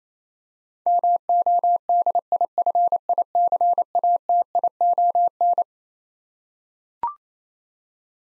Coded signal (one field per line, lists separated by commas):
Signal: Morse code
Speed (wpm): 27 wpm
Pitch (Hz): 700 Hz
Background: none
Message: MODIFICATION